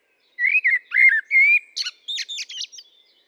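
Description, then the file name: Common blackbird song phrase: a few smooth whistled notes of flowing warble, then a quick series of sharp, high chittering notes that fades out. "Turdus merula"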